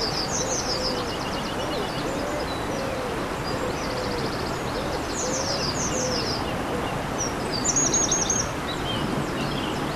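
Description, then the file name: Eurasian wren song in short high trilled bursts separated by pauses, partly masked by loud rushing water, with faint lower curved notes. Recorded by a stream on 21 April 2015 with a MZ-N710 recorder. "Troglodyte mignon ruisseau 21 04 15"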